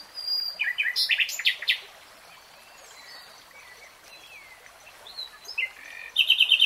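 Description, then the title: Nightingale song: jumbled loud notes and chirps, a pause with thin whistles, then a fast trill of repeated notes to finish. Nightingale singing in real time. "[Tiếng chim hót] 3 Hours REALTIME Nightingale Singing"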